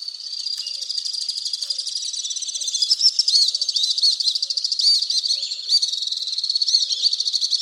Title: Le chant du martinet à ventre blanc